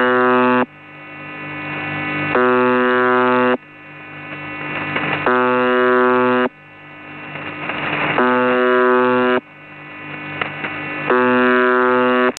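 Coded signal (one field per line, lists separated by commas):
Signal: channel marker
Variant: UVB-76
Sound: harsh low buzz repeating about every 1.4 seconds over steady radio hiss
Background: radio static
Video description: The Buzzer sends this interrupted buzzing signal pretty much 24 hours a day, occasionally stopping the buzz to include voice messages.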